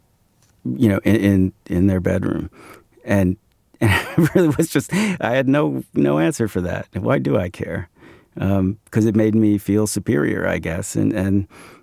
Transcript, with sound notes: you know, in their bedroom? And (laughter) I really was just - I had no answer for that. Why do I care? Because it made me feel superior, I guess.